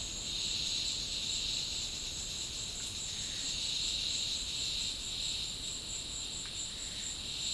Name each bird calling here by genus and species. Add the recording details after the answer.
none. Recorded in dense forest near Puerto Asís, Putumayo, Colombia, on 19 February 2024 at 14:30. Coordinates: 0.502, -76.324. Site G6370